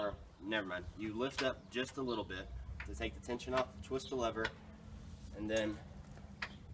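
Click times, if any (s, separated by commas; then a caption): 6.4 s. Someone talks while a Bosch TS2000 table saw stand is lifted slightly to take tension off the mechanism and its release lever is twisted, letting the metal frame fold up. A sharp hit at 6.4 s is the folding frame's lock engaging, and the stand is locked in its folded position.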